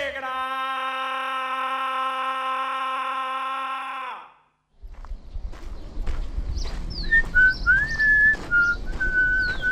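Someone whistles a few thin, wavering notes, sliding and holding over a rumbling, noisy background, after an opening of a long, steady buzzing tone that cuts off abruptly.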